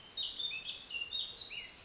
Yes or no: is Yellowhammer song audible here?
no